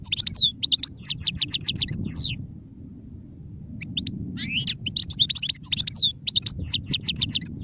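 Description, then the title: European goldfinch song: fast, tinkling high twitters and rapid trills in two bursts separated by a quiet pause, over a low rumbling background. Wild goldfinch; singing, described as the most beautiful song. "اجمل غناءالحسون الخلويchant chardonneret sauvage"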